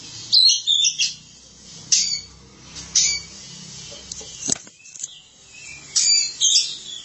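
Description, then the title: Oriental magpie-robin song: very high, scratchy chirps in short bursts with gaps, and a single sharp click midway. "Suara Kicauan Burung Kacer Durasi Panjang"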